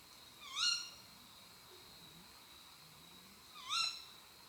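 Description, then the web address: Tawny owl calls twice, each a sharp nasal note that dips and then rises, about three seconds apart, over a steady high-pitched hum. Female; call of a nocturnal raptor. "canti rapaci notturni canto verso femmina allocco strix aluco tawny owl waldkauz carabo comun chouette hulotte"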